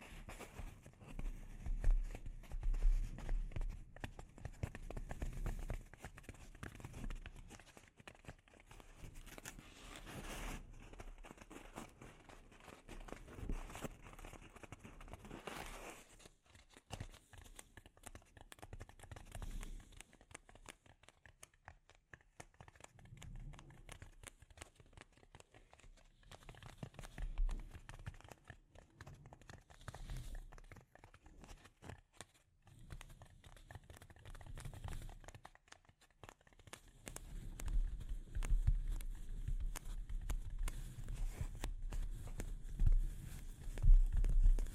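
Delicate scratching and tapping on a microphone, made of dense, quick crackles and soft taps that come in irregular bursts throughout. The sound is mostly low and rustling, with a few sharper taps around ten, sixteen and thirty seconds and a busier stretch near the end.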